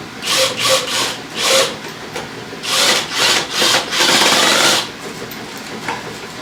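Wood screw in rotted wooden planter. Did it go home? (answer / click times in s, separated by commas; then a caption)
no / 5.9 s. A drill is driven into an old, rotted wood screw in a wooden planter to back it out. Several bursts of rough, rasping grinding are heard, with a longer stretch near 4 to 4.8 seconds, followed by a short sharp click at 5.9 seconds. The rotted screw head strips under the drill.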